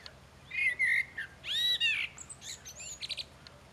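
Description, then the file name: Common blackbird calls: two fluty whistled notes, then a longer arching whistle and a few high squeaky chirps. "Turdus merula"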